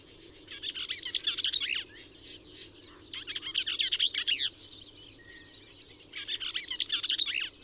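Bell's vireo song: three rapid, scratchy warbled phrases with short pauses between, plus a brief soft note in one gap.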